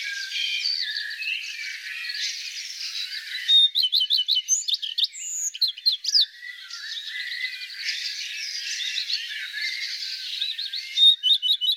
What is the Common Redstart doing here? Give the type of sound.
song